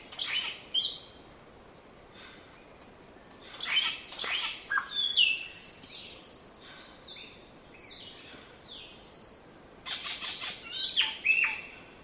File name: Scenopoeetes Dentirostris